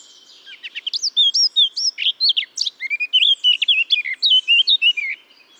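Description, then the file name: Eurasian blackcap singing one continuous rich warble of quick, varied whistled notes, slurred up and down, lasting about four seconds. "Sylvia atricapilla"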